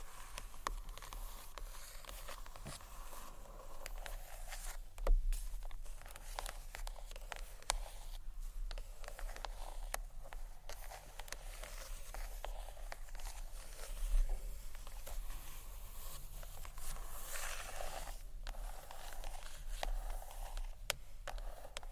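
Gentle scratchy tapping on books, a dense, steady patter of soft scrapes and light taps running throughout. A few sharper knocks stand out around five and fourteen seconds, and a low hum sits underneath the whole time.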